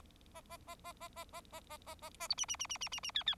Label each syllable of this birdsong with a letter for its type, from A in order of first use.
A A A A A A A A A A A A B C C C C C C C D D